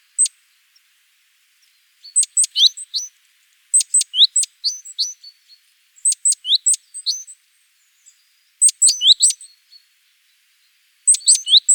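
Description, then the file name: Great tit calls, bursts of sharp high ticking notes mixed with short rising whistled slurs, grouped in clusters every couple of seconds, otherwise quiet. "Parus major"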